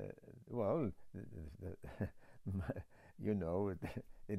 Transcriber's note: chuckles